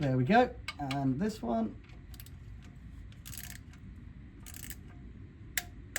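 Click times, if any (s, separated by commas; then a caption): 5.6 s, 6.0 s. A torque wrench tightens the next transmission pan bolt while someone talks, with a few light ratcheting clicks in between. It ends in a loud double click at 5.6 s and 6.0 s as the wrench clicks at its setting, and the torque is confirmed.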